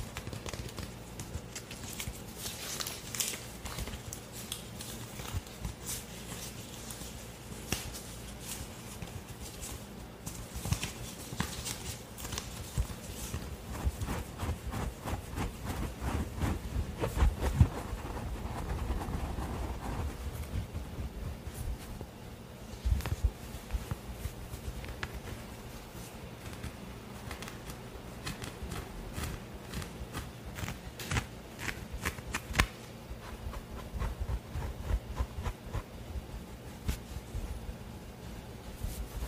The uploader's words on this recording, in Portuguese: ASMR com os objetos do meu cenário de vídeos e lives.